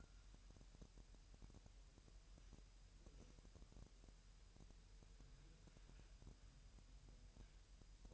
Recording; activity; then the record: daily activity, microphone in the room; wipe stove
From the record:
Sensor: 2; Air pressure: 1000.9 hPa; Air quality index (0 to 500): 249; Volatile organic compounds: 99 ppm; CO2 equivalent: 3748 ppm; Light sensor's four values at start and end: 9/22/9/9 and 9/23/9/9